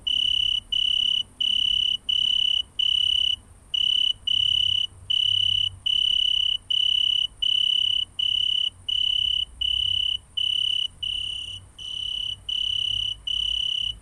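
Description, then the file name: Italian tree cricket song: a steady series of pure, musical chirps, each under a second long, separated by brief gaps. Song recorded at 23 °C. "Oecanthus pellucens song 23 C"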